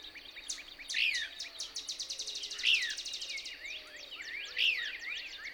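Couch's Kingbird song: sharp, high, down-slurred chips in a quick run, with louder accented notes at about one, two-and-a-half and four-and-a-half seconds; a faint steady high hum underneath.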